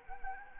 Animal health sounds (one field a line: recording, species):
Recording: mosquito wingbeat signal from an infrared sensor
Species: Anopheles arabiensis